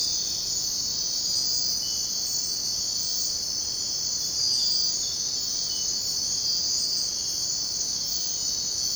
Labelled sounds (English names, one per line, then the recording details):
none
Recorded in dense forest near Puerto Asís, Putumayo, Colombia, on 23 June 2025 at 04:30
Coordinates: 0.499, -76.324
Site G100